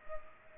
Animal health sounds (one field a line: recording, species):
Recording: mosquito wingbeat signal from an infrared sensor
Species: Culex pipiens